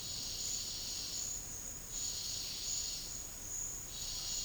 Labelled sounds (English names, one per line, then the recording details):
none
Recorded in dense forest near Puerto Asís, Putumayo, Colombia, on 13 March 2025 at 12:30
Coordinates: 0.484, -76.325
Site G045